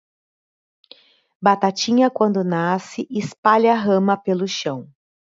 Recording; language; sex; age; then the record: short text; Brazilian Portuguese; female; 40 to 49 years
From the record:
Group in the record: control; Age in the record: 49 years